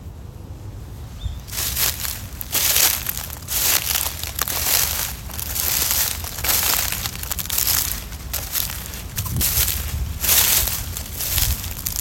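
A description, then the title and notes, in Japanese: Natural sounds on a morning walk in a park: crunching footsteps on gravel or dry leaves land at a steady walking pace, about one every second. A low, constant rumble sits underneath, with faint wind-like hiss between steps. 公園の朝散歩より640おちば。公園の朝散歩で聴こえてくる自然音。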